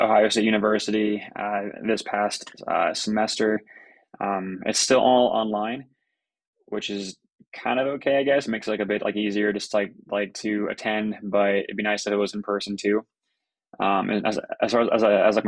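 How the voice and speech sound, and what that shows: An adult man who stutters speaks conversationally with frequent fillers, a held pause before a word, and at the end a stretched, repeated word with creaky onsets. These are mild disfluencies, and he is mostly fluent here. His stuttering remains prevalent after about a year of speech therapy.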